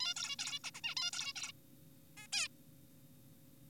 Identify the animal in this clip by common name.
Zebra Finch